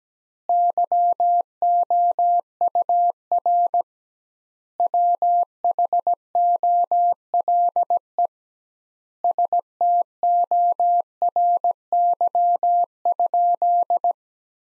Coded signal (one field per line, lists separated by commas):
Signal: Morse code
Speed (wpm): 17 wpm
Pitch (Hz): 700 Hz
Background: none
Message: YOUR WHOLE STORY?